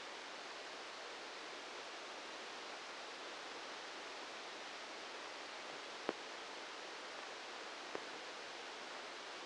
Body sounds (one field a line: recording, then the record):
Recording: brain microelectrode recording played as sound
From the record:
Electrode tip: outside the subthalamic nucleus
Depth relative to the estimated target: -6 mm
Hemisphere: left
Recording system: NeuroSet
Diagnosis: Parkinson's disease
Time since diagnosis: 7 years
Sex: male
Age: 44 years